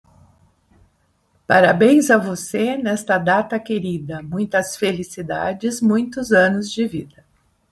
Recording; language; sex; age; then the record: short text; Brazilian Portuguese; female; 60 to 69 years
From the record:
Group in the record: control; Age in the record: 64 years